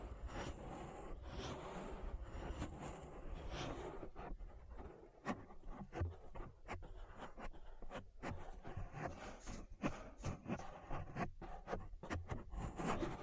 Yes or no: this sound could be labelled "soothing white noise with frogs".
no